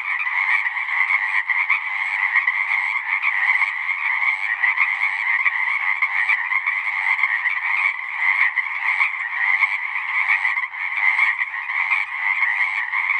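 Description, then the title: Pacific chorus frogs calling together in a thick, unbroken chorus of rapid, grating croaks that overlap constantly and hold a steady loudness throughout. Full chorus after dusk; male advertisement calls used to attract females, a kree-eeck or ribbit. "Chorus Frogs, Full Chorus, post-dusk"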